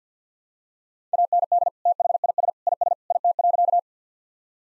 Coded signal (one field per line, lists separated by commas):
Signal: Morse code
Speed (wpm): 49 wpm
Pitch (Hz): 700 Hz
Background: none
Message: AND THIS IS IT.